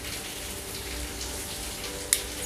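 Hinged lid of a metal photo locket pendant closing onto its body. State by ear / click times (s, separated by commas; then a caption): seated / 2.1 s. The hinged metal lid of a five-metal (panchaloham), micro-plated photo locket pendant is closed onto its body against a steady broadband hiss. One sharp, bright snap at 2.1 s shows the lid has locked shut.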